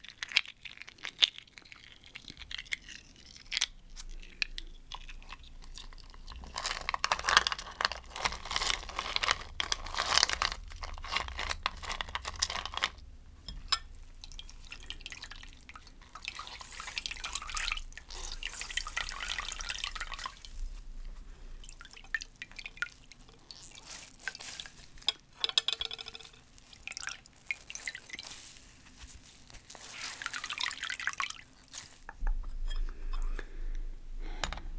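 Irregular dripping and splashing of water with crunchy, crackling bursts like ice or snow being handled, loudest around ten and twenty seconds.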